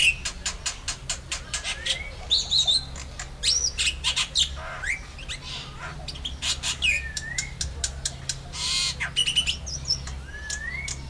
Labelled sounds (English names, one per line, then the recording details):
Black-winged Starling song
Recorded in captivity
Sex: male
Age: adult
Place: Zoo Berlin, Berlin, DE
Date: 1999-07-03 12:24
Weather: fair, 25 - 27°C
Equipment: Sony WM-D6C, Sennheiser ME 80, Kopie Uher 4000 Report Monitor
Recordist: Tembrock, Günter